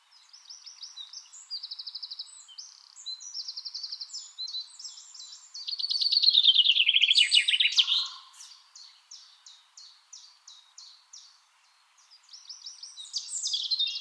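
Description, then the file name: Common chaffinch song: one loud, bright descending trill with an end flourish stands out among quieter runs of short repeated notes. "Fringilla coelebs"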